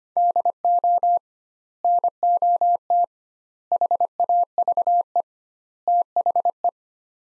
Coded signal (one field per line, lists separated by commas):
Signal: Morse code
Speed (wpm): 25 wpm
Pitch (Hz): 700 Hz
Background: none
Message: DO NOT HAVE THE